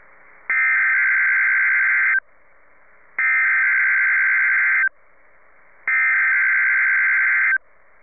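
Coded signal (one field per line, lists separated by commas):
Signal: Emergency Alert System (SAME) tones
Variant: header bursts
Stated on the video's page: Required weekly tests from weather radio stations KXI55 and KGG68, including a KGG68 stream.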